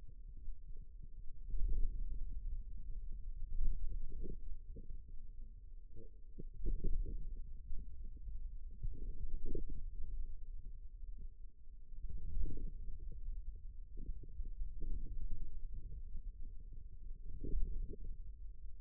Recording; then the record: forearm muscle sounds (acoustic myography)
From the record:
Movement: radial deviation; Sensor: system 2, bracelet of six BSWA MPA416 microphones around the upper forearm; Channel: 3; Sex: male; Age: 22 years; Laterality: right